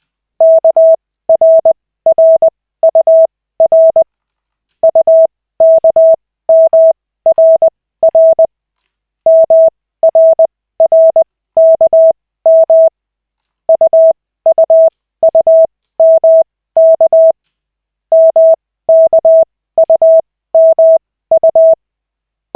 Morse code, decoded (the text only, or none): KRRUR UKMRR MRRKM UUUMK MKUMU